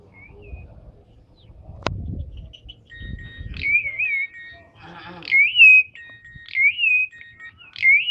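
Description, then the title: Javan pied starling song with a few loud wavering whistled phrases, spaced a second or more apart, with low thumps and faint noise early on. Karawang. "jalak suren istimewa karawang"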